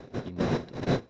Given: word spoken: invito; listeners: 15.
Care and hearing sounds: one Spanish word in noise, from a listening test; noise modulated by one talker; -12.2 dB; 0 of 15; 6 of 15; 0.70 s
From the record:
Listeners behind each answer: 6, 2, 1, 1, 1, 1, 1, 1, 1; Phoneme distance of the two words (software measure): 17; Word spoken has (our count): 3 syllables, 6 phonemes, stress on syllable 2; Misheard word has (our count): 3 syllables, 7 phonemes, stress on syllable 2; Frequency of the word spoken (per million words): 2.87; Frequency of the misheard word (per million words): 9.83

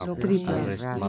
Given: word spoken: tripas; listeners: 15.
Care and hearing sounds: one Spanish word in noise, from a listening test; four-talker babble; 0.5 dB; 3 of 15; 7 of 15; 0.68 s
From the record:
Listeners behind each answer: 7, 3, 1, 1, 1, 1, 1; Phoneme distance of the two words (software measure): 38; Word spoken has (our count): 2 syllables, 6 phonemes, stress on syllable 1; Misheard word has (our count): 3 syllables, 8 phonemes, stress on syllable 2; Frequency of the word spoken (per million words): 5.12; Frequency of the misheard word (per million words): 60.73

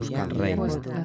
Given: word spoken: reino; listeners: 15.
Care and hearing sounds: one Spanish word in noise, from a listening test; four-talker babble; -1.6 dB; 0 of 15; 7 of 15; 0.65 s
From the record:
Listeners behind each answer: 7, 3, 2, 1, 1, 1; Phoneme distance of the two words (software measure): 14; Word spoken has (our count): 2 syllables, 5 phonemes, stress on syllable 1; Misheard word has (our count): 1 syllable, 3 phonemes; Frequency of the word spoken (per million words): 53.04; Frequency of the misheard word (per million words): 143.59

